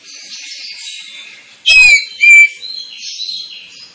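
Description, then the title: Oriental magpie-robin giving two loud whistled notes, the first sliding downward, over a soft background hiss. Kacer (Oriental magpie-robin) recording used as a lure to provoke other kacer birds into singing and fighting. "Kacer Langsung Tarung Konslet KACER NGOTOT FULL TEMBAKAN. Kacer dimana SAJA Bakalan NGEPLONG GACOR dengan Pancingan Kacer ini"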